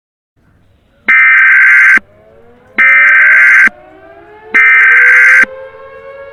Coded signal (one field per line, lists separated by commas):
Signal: Emergency Alert System (SAME) tones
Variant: header bursts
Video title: EAS Mock: Bluff Point Volcano